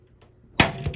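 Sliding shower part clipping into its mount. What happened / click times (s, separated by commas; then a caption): The plastic fitting snapped down into its mount / 0.6 s. A removable part of the sliding shower in a 2022 Keystone Cougar Half-Ton 23MLS RV, which pops off easily, is pressed down hard into its mount. After a faint knock at 0.2 s, a loud thunk at 0.6 s marks it clipping into place, followed by two softer knocks near 0.9 s. The part is seated and clipped down so it stays still.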